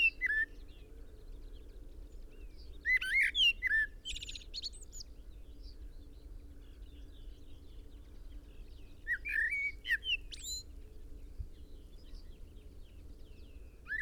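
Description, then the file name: Common blackbird song: fluty phrases with twittering ends near the start, then a long quiet, then another warbled phrase, above a faint continuous low rumble. "Turdus merula"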